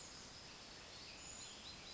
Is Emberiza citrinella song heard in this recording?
no